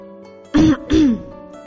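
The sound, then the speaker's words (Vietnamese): A light throat clearing in two short, voiced bursts, a soft low rasp followed quickly by a second, slightly longer one, heard alone against a faint steady hum. “Bạch Ngọc Đường ho nhẹ một cái”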